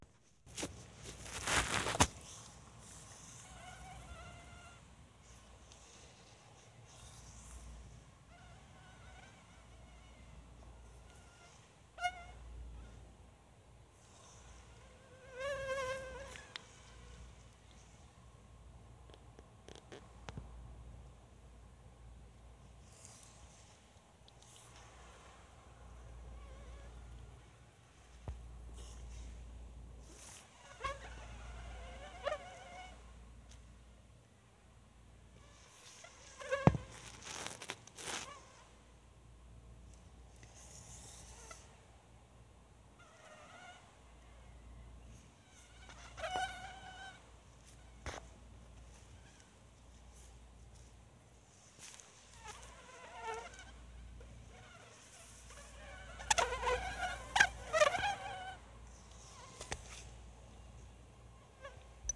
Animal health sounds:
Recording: mosquito flight sound by mobile phone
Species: Anopheles dirus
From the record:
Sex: mixed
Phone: Sony Xperia

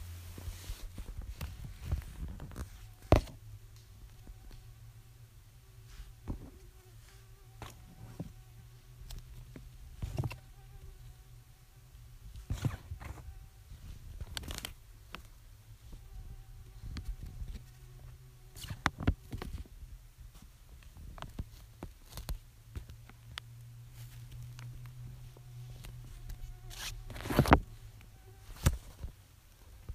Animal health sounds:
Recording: mosquito flight sound by mobile phone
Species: Aedes sierrensis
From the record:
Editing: field recording with all noises

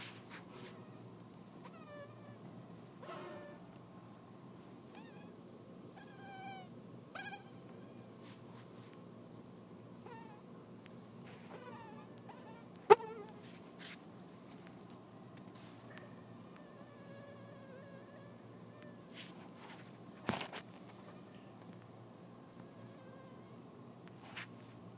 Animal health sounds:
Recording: mosquito flight sound by mobile phone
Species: Anopheles dirus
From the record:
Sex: female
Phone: iPhone 4S

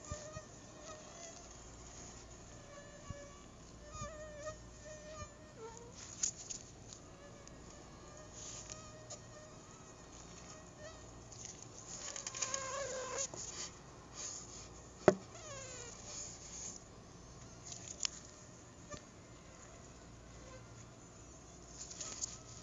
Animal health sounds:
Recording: mosquito flight sound by mobile phone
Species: Anopheles arabiensis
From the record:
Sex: female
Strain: Dongola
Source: CDC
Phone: Google Nexus

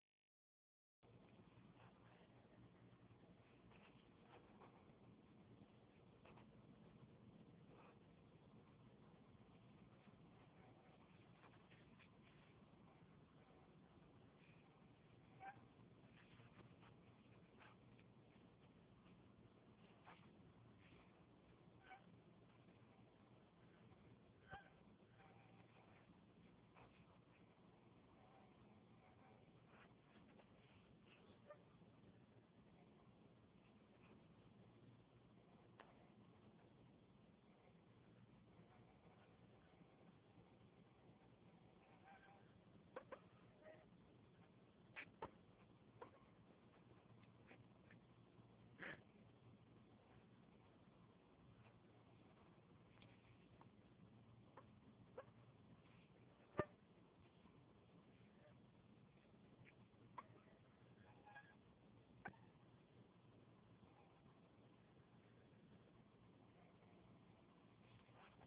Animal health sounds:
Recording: mosquito flight sound by mobile phone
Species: Anopheles stephensi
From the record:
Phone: Huawei 866C

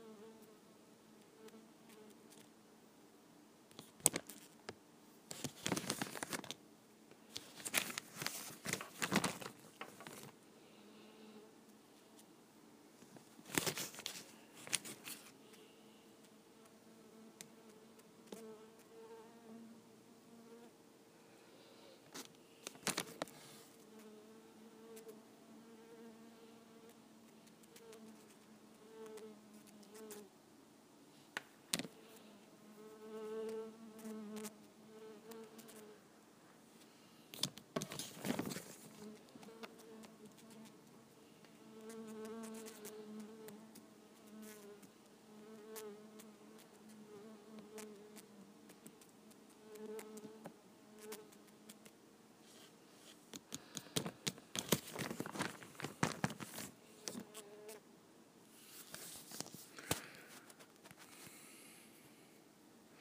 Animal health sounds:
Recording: mosquito flight sound by mobile phone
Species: Culiseta incidens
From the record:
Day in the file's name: 2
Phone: iPhone 5

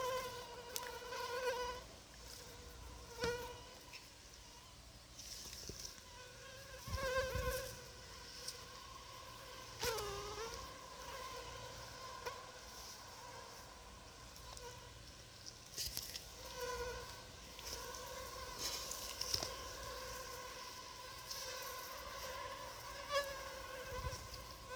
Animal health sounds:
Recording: mosquito flight sound by mobile phone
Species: Anopheles arabiensis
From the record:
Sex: female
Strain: Rufisque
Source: CDC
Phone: Sony Xperia

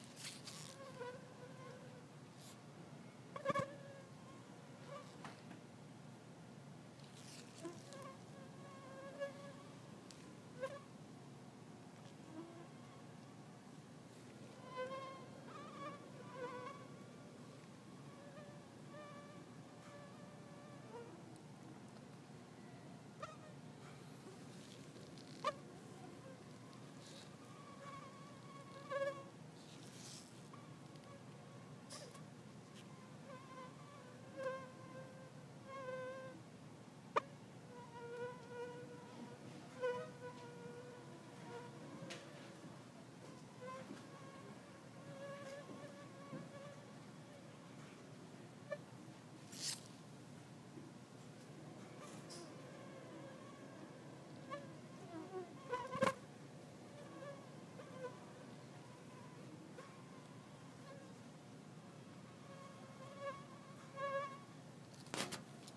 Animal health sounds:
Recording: mosquito flight sound by mobile phone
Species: Culex pipiens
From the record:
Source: SanMateoVCD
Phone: iPhone 4S

